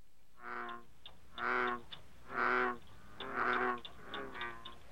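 American bullfrog croaking, five harmonic-rich notes of about half a second each, repeated roughly once per second.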